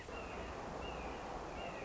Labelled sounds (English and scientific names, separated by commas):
Red-shouldered Hawk (Buteo lineatus)